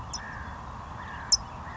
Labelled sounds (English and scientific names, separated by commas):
California Towhee (Melozone crissalis)